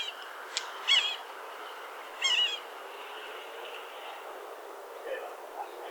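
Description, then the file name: Red-naped sapsucker giving two short, harsh, nasal mewing calls with a wavering quality, against a soft, steady background hiss. "Red-naped Sapsucker - Sphyrapicus nuchalis"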